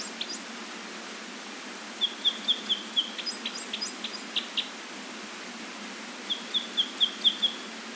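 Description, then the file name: Red crossbill calls: two short runs of thin, sharp kip notes with some scattered chips between them and a quiet stretch midway. "isuka"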